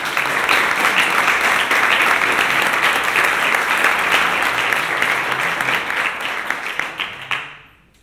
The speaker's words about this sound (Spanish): Ellos han sido una parte muy importante de la organización de este evento y sin ellos esto no hubiera sido posible. Así que un aplauso, por favor.